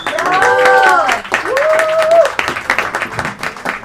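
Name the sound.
audience applause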